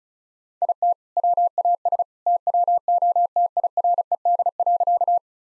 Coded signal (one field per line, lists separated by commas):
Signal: Morse code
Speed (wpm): 36 wpm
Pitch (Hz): 700 Hz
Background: none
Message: IT WAS TWO TIRED.